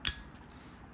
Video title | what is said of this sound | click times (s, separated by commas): How To Replace Toyota Key Fob Battery | and it clicks back into place that's how you replace the battery on a Toyota key fob | 0.1 s